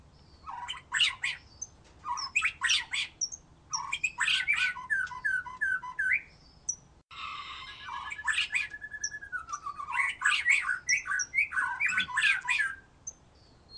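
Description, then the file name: White-rumped shama song: repeated bursts of harsh, crackling notes alternating with short whistled trills and a falling run of clear notes. "murai batu"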